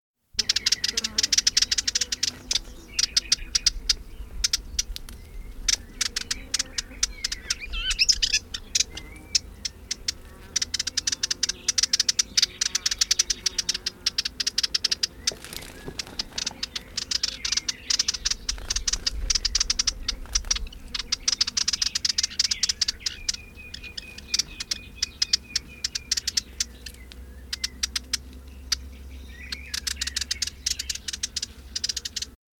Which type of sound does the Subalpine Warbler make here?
call